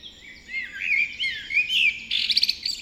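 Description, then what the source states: Birds: bird dawn chorus, a tangle of warbled phrases and sweeping whistles ending in a quick burst of rapid staccato notes. Dawn chorus just after dawn in the Forest of Dean.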